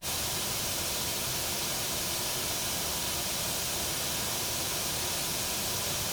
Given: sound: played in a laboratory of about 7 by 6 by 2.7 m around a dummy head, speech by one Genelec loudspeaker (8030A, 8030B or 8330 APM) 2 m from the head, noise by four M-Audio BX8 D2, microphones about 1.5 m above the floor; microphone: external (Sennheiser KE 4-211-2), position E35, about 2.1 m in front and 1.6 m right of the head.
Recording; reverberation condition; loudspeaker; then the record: white noise; low; four, about 170 cm from the corners of the room and facing them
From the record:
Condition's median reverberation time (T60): about 310 ms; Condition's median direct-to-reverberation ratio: about 3.5 dB